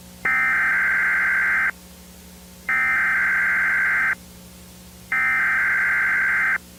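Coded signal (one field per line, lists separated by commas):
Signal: Emergency Alert System (SAME) tones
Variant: header bursts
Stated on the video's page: Mock alert with valid tones.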